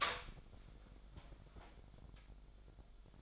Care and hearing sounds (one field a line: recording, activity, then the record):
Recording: daily activity, microphone in the room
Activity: open door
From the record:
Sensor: 5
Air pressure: 1007.1 hPa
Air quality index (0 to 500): 171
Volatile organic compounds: 4 ppm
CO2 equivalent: 1634 ppm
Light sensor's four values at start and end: 56/158/61/61 and 57/161/63/63